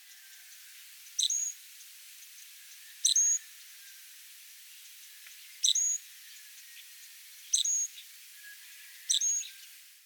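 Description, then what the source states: Loggerhead Shrike song, five short squeaky phrases spaced irregularly, each a high click followed by a brief flat whistle, over faint hiss. Song described by Edward Brand Frost of Hanover, New Hampshire as a robin with a cleft tongue; recording by Isain Contreras Rodriguez.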